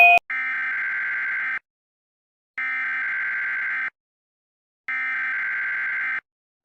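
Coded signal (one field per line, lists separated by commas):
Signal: Emergency Alert System (SAME) tones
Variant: header bursts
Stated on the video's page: Fictional EAS scenario, not a real alert.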